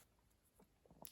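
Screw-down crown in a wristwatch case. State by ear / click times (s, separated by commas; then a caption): released / 1.1 s. The screw-down crown on a PMD56-2952 wristwatch case is unscrewed, with faint, quiet scraping and ticking from the turning. A sharp, brief pop at 1.1 seconds marks the crown springing free of its thread, and the turning stops there.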